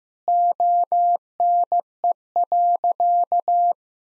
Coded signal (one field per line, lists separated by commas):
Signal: Morse code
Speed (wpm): 15 wpm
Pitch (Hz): 700 Hz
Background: none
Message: ONE.